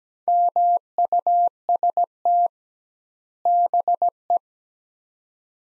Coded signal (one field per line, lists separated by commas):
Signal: Morse code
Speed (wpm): 17 wpm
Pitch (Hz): 700 Hz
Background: none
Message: MUST BE